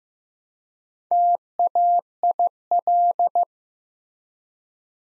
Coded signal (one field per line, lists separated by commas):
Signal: Morse code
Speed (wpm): 15 wpm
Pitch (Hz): 700 Hz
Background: none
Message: TAIL